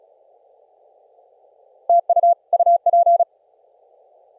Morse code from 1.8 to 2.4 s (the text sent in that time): TU